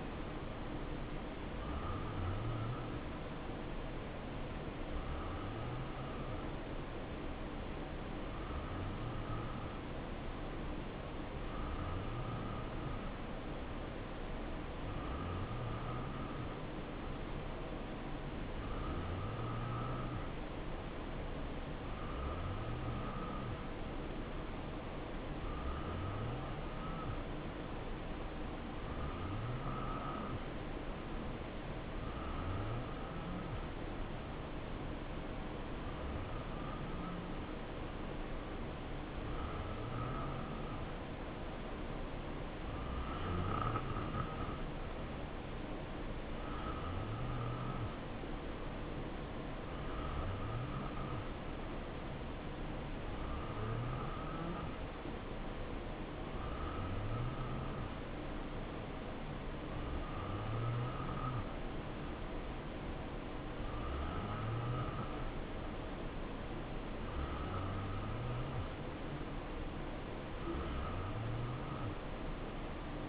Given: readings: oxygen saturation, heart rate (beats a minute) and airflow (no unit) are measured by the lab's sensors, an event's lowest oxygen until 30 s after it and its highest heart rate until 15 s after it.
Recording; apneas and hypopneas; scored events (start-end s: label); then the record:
breathing in sleep by a voice recorder at the bedside; 1
6.00-64.00 s: hypopnea (N2, oxygen 90% highest, then 87% lowest, heart rate 67 at the start, 69 highest)
From the record:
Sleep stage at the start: N2 (light sleep); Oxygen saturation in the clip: 87 to 90%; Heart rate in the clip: 63 to 69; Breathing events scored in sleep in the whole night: 277 in 7.4 hours asleep